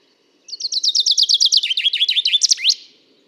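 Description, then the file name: Common chaffinch song: a fast run of sharp repeated notes, then a descending series of down-slurred notes, ending in a rising flourish, lasting about two seconds. "Fringilla coelebs"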